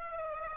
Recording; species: mosquito wingbeat signal from an infrared sensor; Aedes aegypti